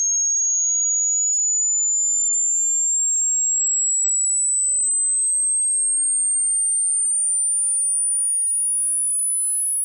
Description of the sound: Daily life tinnitus sound effect.